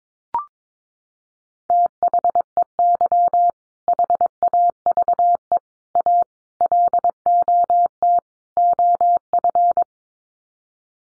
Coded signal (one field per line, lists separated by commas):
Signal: Morse code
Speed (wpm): 22 wpm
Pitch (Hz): 700 Hz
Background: none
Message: THEY HAVE A LOT OF